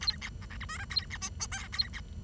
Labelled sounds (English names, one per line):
Bengalese Finch song